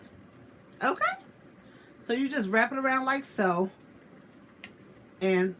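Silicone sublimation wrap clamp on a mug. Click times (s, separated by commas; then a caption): 4.6 s. Someone talks while a silicone sublimation wrap is wrapped around a mug and pushed closed. Its clamp clicks shut with a short, sharp tick at 4.6 s, and the wrap is seated on the mug.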